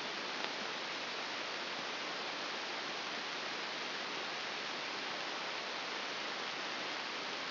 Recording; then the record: brain microelectrode recording played as sound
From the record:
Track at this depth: inside the subthalamic nucleus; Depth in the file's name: 3.099 mm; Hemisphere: left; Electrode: 2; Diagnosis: Parkinson's disease